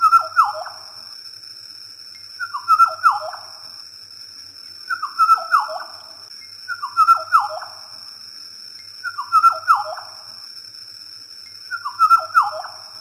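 Bird song made of falling whistled notes in a brief phrase, given again several times against a persistent high tone.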